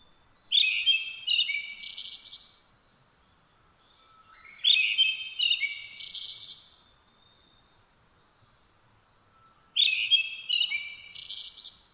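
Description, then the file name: Brown-headed thrush singing three short phrases about every four to five seconds, each a strong whistled opening followed by thinner, higher trailing notes; otherwise quiet. 17 June 2009 at 06:48. "akahara-20090617-0648"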